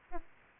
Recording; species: mosquito wingbeat signal from an infrared sensor; Aedes albopictus